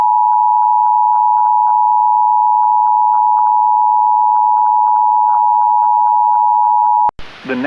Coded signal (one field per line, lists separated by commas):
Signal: Emergency Alert System (SAME) tones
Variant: 853 and 960 Hz attention tone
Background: speech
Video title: EAS Severe Thunderstorm Warning for Franklin and Wake Counties!